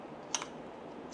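A spare Glock magazine is pressed into a carbon fiber pocket magazine carrier with spring steel clips and N52 magnets, snapping in with a sharp click at 0.35 s, followed by a softer click just after and a faint tick near 1.1 s. The magazine is seated firmly in the carrier and holds in place.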